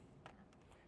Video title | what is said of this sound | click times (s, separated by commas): CMMG MK47 AFTER 6 MONTHS 6000 + ROUNDS | you fold this up it locks in place this | 0.3 s